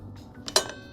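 A metal outer blade flange washer is lined up and pushed onto the arbor over the blade of an Evolution R255SMS-DB-LI cordless mitre saw. A light tap at 0.5 s leads into a sharp metallic click at 0.6 s, followed by a faint tick at 0.7 s. The flange clicks into place and is seated.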